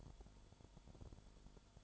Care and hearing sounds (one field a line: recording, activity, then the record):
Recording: daily activity, microphone in the room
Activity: light off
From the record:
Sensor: 5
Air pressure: 1008.0 hPa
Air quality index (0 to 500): 102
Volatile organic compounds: 1 ppm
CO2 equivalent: 794 ppm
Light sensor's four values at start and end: 30/69/28/27 and 29/68/27/26